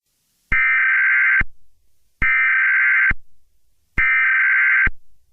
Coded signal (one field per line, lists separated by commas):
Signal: Emergency Alert System (SAME) tones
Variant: header bursts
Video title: Northwest Arkansas Morning Nightmare - An EAS Scenario